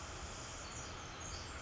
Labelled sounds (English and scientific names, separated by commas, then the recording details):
Pacific Wren (Troglodytes pacificus)
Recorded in Sonoma County, California